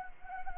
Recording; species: mosquito wingbeat signal from an infrared sensor; Anopheles arabiensis